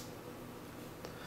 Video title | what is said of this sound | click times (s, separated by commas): Dripping Setup Instructions - MegaCig.com | snap it onto the top of your Ego mega Sig you should hear a slight click | 1.0 s